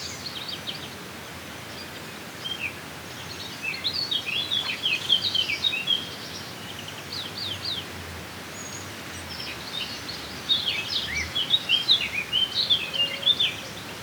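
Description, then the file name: Eurasian blackcap song: bursts of quick, chirpy warbled notes in high-pitched phrases, with quieter gaps between them over steady background hiss. "Sylvia atricapilla"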